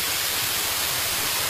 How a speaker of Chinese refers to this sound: 突然发现这块有一个瀑布啊，是那种特别小的瀑布，走到跟前很凉爽，所以现在想先在这里降个温。大家应该可以听到这个瀑布的声音了。